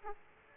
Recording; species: mosquito wingbeat signal from an infrared sensor; Aedes aegypti